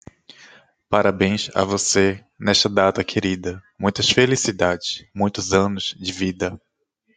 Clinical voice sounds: short text; Brazilian Portuguese; male; 30 to 39 years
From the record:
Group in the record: control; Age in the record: 32 years

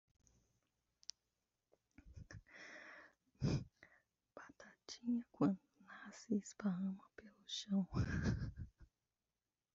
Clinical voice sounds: short text; Brazilian Portuguese; female; 30 to 39 years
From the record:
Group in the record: control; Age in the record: 31 years

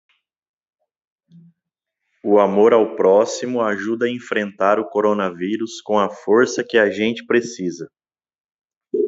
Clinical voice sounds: spoken sentence; Brazilian Portuguese; male; 30 to 39 years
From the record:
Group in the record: control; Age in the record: 37 years

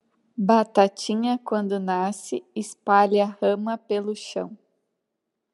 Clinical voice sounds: short text; Brazilian Portuguese; female; 30 to 39 years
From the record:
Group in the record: control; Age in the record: 35 years

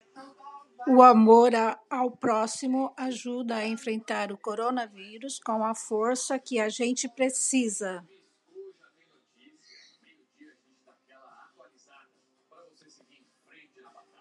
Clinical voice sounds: spoken sentence; Brazilian Portuguese; female; 50 to 59 years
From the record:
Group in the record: control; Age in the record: 57 years

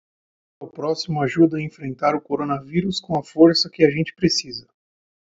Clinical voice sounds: spoken sentence; Brazilian Portuguese; male; 30 to 39 years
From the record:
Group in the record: control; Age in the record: 35 years

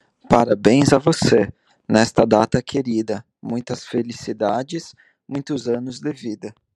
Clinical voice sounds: short text; Brazilian Portuguese; male; 30 to 39 years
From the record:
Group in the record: control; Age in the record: 33 years

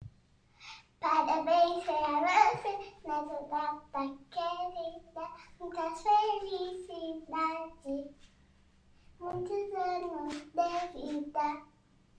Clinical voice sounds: short text; Brazilian Portuguese; male; 30 to 39 years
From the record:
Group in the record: control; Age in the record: 39 years

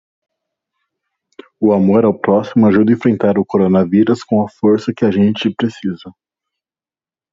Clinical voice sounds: spoken sentence; Brazilian Portuguese; male; 30 to 39 years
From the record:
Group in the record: control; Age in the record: 33 years

